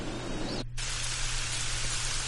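A rainy-day track from a relaxation sound app: steady, dense hiss of rain pattering onto tree leaves, continuous and even in loudness, with a brief dropout in the brighter tones early on and a low hum underneath.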